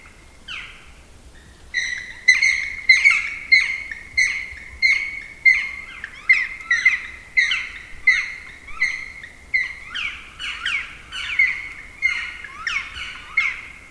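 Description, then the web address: Black woodpecker calling in a long series of loud, ringing notes, repeated steadily throughout. "agykontroll Madardalok Cd 1. Fekete harkály"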